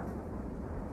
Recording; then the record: background sound without coughing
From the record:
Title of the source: Train Ride Ambience ambient white noise for sleeping, focus, studying, reading